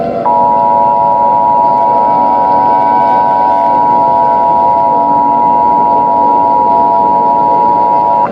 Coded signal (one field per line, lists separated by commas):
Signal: Emergency Alert System (SAME) tones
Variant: 853 and 960 Hz attention tone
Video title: EAS Mini Scenario - Nightmare Armageddon